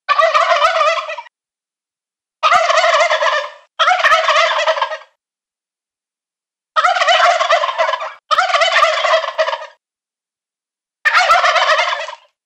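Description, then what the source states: Wild turkey gobbles: several throaty, rattling bursts, each about a second or more long, with quiet gaps between. Toms (adult males).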